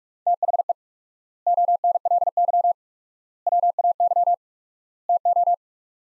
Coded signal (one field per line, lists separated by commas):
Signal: Morse code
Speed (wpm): 44 wpm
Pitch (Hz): 700 Hz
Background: none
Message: THE ONLY WAY TO